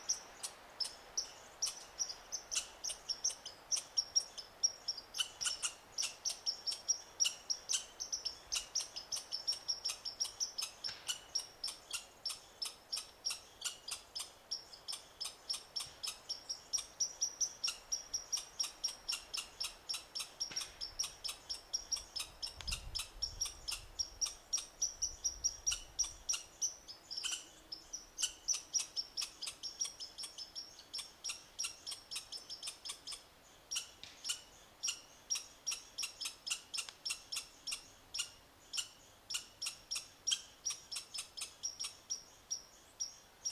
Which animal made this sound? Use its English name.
Red Squirrel